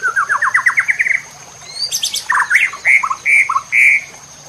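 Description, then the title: White-rumped shama song opening with a fast series of rising whistled notes, then buzzy chattering and clear, slurred whistles, over a constant high-pitched hum. Masteran training recording for cage birds. "MURAI BATU LABAIK"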